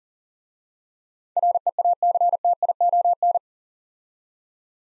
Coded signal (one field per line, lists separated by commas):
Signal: Morse code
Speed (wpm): 40 wpm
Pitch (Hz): 700 Hz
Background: none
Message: REACTION